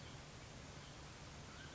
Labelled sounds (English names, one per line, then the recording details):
Mountain Quail
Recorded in Sonoma County, California